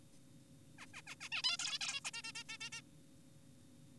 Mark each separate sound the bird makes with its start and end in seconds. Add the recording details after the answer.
0.78-0.86, 0.94-1.02, 1.07-1.16, 1.21-1.29, 1.32-1.42, 1.44-1.57, 1.60-1.79, 1.81-2.00, 2.05-2.11, 2.14-2.22, 2.24-2.32, 2.35-2.44, 2.49-2.58, 2.61-2.70, 2.72-2.82. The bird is an adult. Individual g4p5U